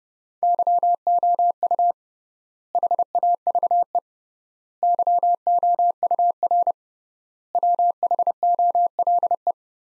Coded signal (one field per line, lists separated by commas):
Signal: Morse code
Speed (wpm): 30 wpm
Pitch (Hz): 700 Hz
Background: none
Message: YOU HAVE YOUR WHOLE